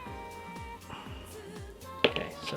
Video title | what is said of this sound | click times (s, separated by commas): Smart Doll Cortex: Mirai Frame Part 2 | one is actually not all the way in there | 2.0 s